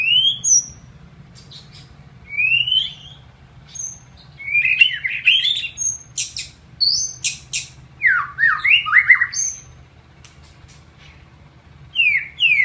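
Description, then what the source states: White-rumped shama song: scattered rising whistles and sharp chips, then a busier stretch of varied squeaky, slurred notes and buzzy clicks, with a soft low hum throughout. Masteran training recording.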